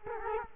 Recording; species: mosquito wingbeat signal from an infrared sensor; Culex quinquefasciatus